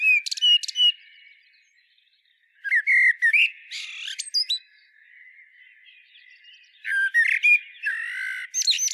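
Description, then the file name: Common blackbird song in three bursts of fluted notes ending in shrill, scratchy high twitters, with quiet gaps between them. "Turdus merula"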